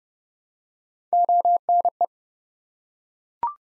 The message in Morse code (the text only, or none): ONE